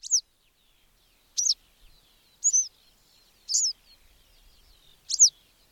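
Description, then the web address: Bird calling in brief, piercing high chirps, five notes spaced about a second apart, with soft high twitter in the background. "madarak enek"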